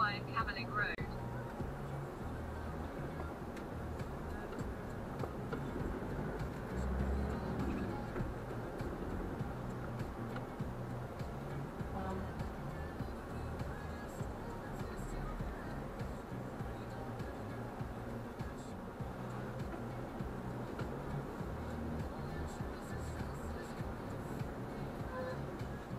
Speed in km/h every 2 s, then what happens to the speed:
3, 3, 4, 5, 10, 13, 12, 10, 7, 4, 3, 3, 3.
0-6 steady at about 3. 6-9 speeds up to 13. 9-19 slows to 3. 19-26 steady at about 3.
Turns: none.